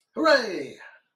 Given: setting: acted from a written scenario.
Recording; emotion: vocal sound without words; triumph